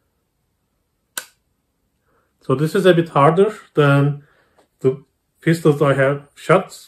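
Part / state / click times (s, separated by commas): cocking lever of an air pistol / seated / 1.2 s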